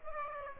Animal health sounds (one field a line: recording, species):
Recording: mosquito wingbeat signal from an infrared sensor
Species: Aedes aegypti